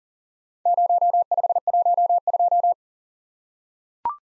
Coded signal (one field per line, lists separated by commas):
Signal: Morse code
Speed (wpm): 40 wpm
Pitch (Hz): 700 Hz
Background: none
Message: 0512